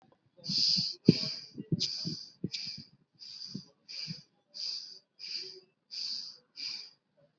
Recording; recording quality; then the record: shallow breathing; excellent, no background noise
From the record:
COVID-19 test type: RT-PCR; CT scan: not taken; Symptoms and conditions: none ticked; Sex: male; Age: 19 years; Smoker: no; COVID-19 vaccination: both doses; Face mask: worn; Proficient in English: yes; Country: India